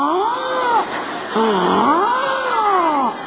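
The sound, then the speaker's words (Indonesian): A voice imitates the creaking door of a poor person's leaning hut being opened, with two long, wavering squeals that bend up and down in pitch, loud and alone with no talking. “Pintu rumah doyong 8. Itu pintu rumah dibuka berbunyi.”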